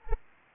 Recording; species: mosquito wingbeat signal from an infrared sensor; Anopheles gambiae